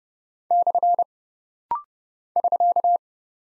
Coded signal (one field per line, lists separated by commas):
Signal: Morse code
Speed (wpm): 29 wpm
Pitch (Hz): 700 Hz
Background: none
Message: / <SK>